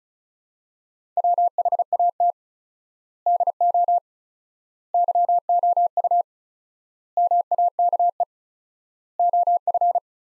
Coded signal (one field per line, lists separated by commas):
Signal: Morse code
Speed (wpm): 34 wpm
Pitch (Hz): 700 Hz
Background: none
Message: WHAT DO YOU MAKE OF